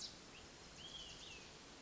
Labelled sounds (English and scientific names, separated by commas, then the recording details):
Olive-sided Flycatcher (Contopus cooperi)
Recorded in Sonoma County, California